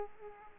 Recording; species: mosquito wingbeat signal from an infrared sensor; Aedes aegypti